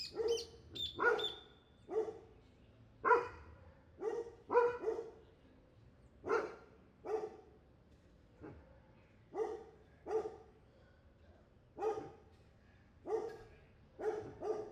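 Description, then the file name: Dog barking repeatedly at irregular intervals, with a brief high tone near the start and steady low background noise. Street dogs barking in street ambience, Buenos Aires province, Argentina. "ambiente calle prv bs as street dogs barking"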